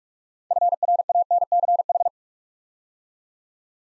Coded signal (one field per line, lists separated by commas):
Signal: Morse code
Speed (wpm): 44 wpm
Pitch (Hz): 700 Hz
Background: none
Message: FRANCH